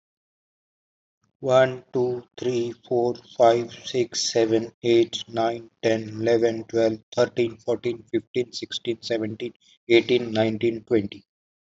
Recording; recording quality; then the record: counting at a normal pace; excellent, no background noise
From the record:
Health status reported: healthy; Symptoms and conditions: none ticked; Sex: male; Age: 43 years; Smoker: not ticked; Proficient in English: yes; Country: India